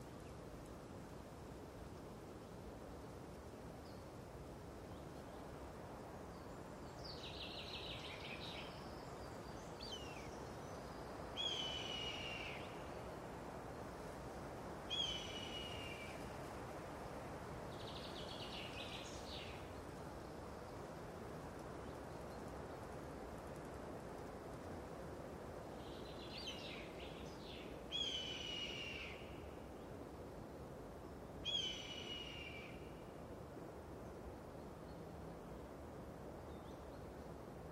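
Steady low wind rumbles throughout while a bird repeats short, bright calls in scattered bursts every few seconds, loudest near fifteen and thirty seconds.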